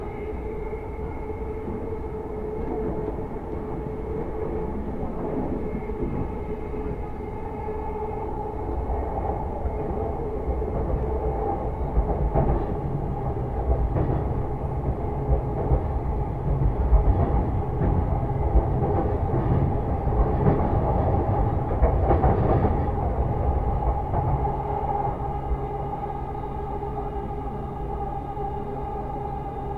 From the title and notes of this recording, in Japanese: 耳で楽しむ鉄道旅 山手・京浜東北・中央線 目黒→田町→東京→御茶ノ水。目黒からは山手線内回りに乗って田町まで移動し、京浜東北線の快速電車に乗り換えて東京に向かいます。東京からは中央線快速で御茶ノ水へ。